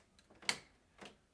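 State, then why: Seated. A magenta refillable plastic ink cartridge is pushed into the carriage slot of an Epson Workforce inkjet printer, where clicking it in place punctures it so the ink can flow through. After faint handling ticks and a brief rustle, one sharp click rings out at 0.5 s, followed by a softer knock near 1.0 s and a faint tick near 1.3 s. The cartridge is seated and secure.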